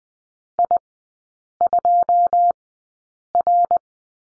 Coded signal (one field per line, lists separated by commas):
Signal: Morse code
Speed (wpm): 20 wpm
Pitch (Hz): 700 Hz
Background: none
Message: I 2 R